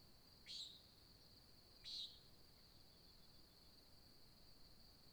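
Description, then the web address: Nighthawk uttering two harsh, buzzy notes about a second and a half apart, followed by quiet, with a constant shrill insect hum throughout. American desert in Oregon, recorded at dawn in July 2017; described as a nighthawk competition. "GDC 2018-Game Audio Bundle Discover Oregon - American Desert Birds Nighthawk 2017 Sutton July Dawn Nighthawk Competition"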